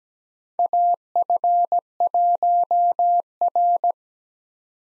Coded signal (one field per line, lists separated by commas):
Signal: Morse code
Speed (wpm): 17 wpm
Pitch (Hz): 700 Hz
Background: none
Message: AF1R